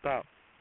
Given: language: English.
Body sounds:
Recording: throat vibration sensor signal played as sound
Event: speech

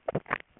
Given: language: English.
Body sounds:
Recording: throat vibration sensor signal played as sound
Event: swallow

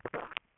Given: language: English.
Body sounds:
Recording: throat vibration sensor signal played as sound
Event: swallow

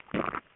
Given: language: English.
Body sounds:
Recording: throat vibration sensor signal played as sound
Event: swallow

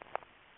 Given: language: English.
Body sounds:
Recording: throat vibration sensor signal played as sound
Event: swallow

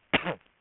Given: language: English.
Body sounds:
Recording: throat vibration sensor signal played as sound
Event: cough

